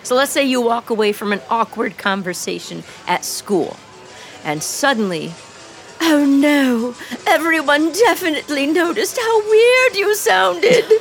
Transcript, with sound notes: let’s say you walk away from an awkward conversation at school. Suddenly, [in a dramatically nervous voice] "Oh no. Everyone definitely noticed how weird you sounded."